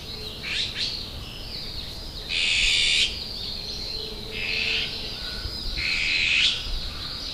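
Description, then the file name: Azure-winged magpie grating calls: a few rasping bursts over a steady background hiss, with fainter chatter between them. Recorded at Sayama. "onaga sayama"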